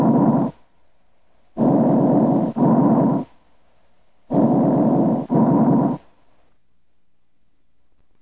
Bronchovesicular breath sounds are heard over areas between the mainstem bronchi and the smaller airways. The pitch and duration of these breath sounds are midway between the pitch and duration of tracheal and mainstem bronchial breath sounds and normal breath sounds heard over other chest wall areas. Bronchovesicular breath sounds are heard during inspiration and expiration for equal amounts of time.